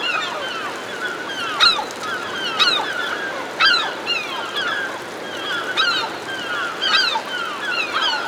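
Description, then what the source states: Herring gulls crying together, loud sharp downslurred calls recurring about once a second amid a busy chorus of fainter gull cries. Several herring gulls hovering overhead.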